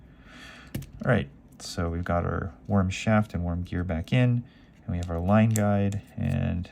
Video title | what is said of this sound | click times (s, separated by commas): TSURINOYA Dark Wolf Ultra 12+1 ball bearing upgrade!!! | not getting it to rotate and then it'll just kind of snap and click into place | 0.8 s